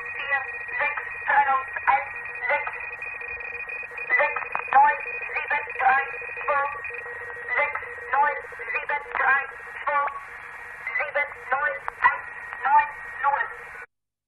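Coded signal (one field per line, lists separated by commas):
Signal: numbers station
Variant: Gong Station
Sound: narrowband shortwave voice speaking continuously over a faint steady whistle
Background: radio static, heterodyne whistle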